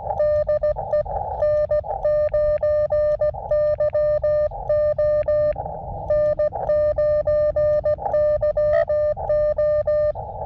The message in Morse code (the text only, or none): DE N9YO N9YO